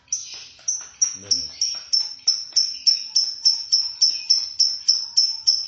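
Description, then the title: Lovebird calls: sharp high chirps repeated about three times a second in a steady series, with a softer low scuffle near the start. "Suara Burung Lovebird"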